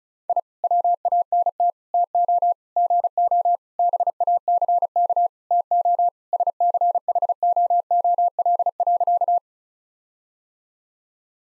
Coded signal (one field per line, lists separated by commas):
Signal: Morse code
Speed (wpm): 35 wpm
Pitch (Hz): 700 Hz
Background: none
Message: I WANT TO GO BACK TO SCHOOL.